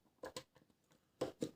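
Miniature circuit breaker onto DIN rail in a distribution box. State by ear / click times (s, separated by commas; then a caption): seated / 1.2 s. A miniature circuit breaker is hooked onto a DIN rail in a distribution box at its top, then its bottom is pressed in. A few short plastic knocks come first, around 0.2 to 0.4 s, then a sharp snap at 1.2 s followed by another knock near 1.4 s. The click at 1.2 s shows the breaker is locked and installed on the rail.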